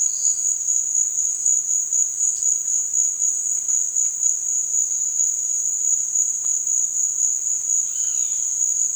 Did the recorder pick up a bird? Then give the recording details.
yes. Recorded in dense forest near Puerto Asís, Putumayo, Colombia, on 25 June 2025 at 15:30. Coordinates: 0.468, -76.322. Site GP03